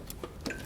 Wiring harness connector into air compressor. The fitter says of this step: so just push that in place until it clicks in